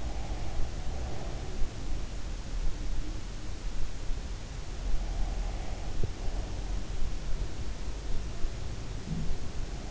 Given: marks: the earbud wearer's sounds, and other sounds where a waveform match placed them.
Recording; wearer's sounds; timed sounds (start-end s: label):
sounds in sleep by an in-ear microphone; breath
0.00-1.51 s: breath
9.00-9.34 s: sound from someone else or the room